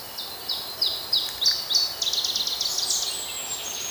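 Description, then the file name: Iberian chiffchaff song opening with slow, repeated high falling notes, then a fast chattering run, followed by a thin, high drawn-out note. Recorded 5 May 2018. "Iberienzz-DO-050518-Stefan-Helmer"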